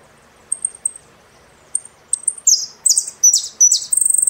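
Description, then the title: Saffron finch starts with scattered high chips, then breaks into loud, jumbled, buzzy phrases that close with a quick stuttering trill. "Jilguero Argentino"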